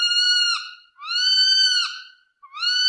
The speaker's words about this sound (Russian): «Что это?» — пролепетала она. «Сыч!» — пояснил господин Хаффербрун.